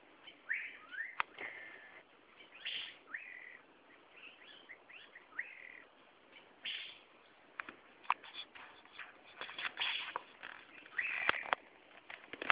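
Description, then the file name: Asian fairy-bluebird sounding a busy series of liquid whistles and upslurred notes, with rustling and clicking noises mixed in. "Irene Puella Calls"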